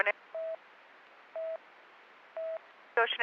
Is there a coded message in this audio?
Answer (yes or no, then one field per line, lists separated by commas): no